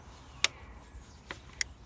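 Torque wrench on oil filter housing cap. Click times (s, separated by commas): 0.4 s, 1.6 s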